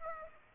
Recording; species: mosquito wingbeat signal from an infrared sensor; Aedes aegypti